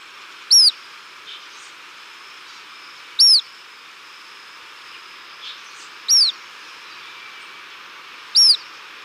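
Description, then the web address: Lesser elaenia giving single thin, high descending whistles spaced roughly two to three seconds apart over a quiet background hiss. Recorded in Ecuador. "Birds of Ecuador Lesser Elaenia"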